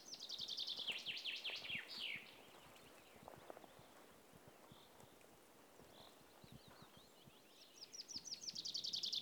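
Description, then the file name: Common chaffinch song: a bright descending trill of repeated notes ending in a quick flourish, heard at the start and again, cut off, at the end, with light clicking noises between. "Fringilla coelebs"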